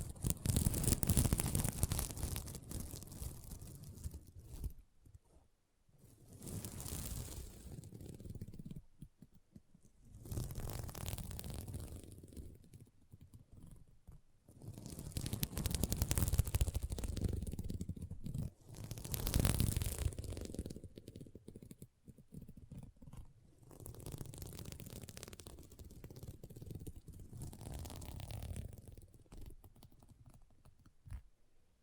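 Scratching on a sequin mermaid pillow comes in bursts of rough, crackly strokes, separated by brief near-silent pauses every few seconds.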